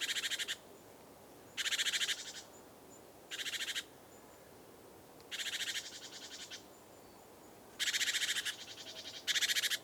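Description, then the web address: Great tit harsh calls: six loud rattled churr bursts spread across the recording, some long and some short, over continuous hiss. "SETE Parus major"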